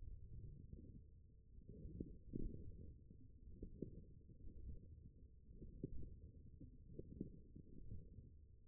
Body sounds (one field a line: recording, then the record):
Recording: forearm muscle sounds (acoustic myography)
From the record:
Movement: forearm pronation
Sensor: system 1, eight BSWA MPA416 microphones around the upper forearm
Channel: 1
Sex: male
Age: 21 years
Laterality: right